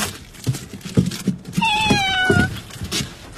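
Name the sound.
kitten meowing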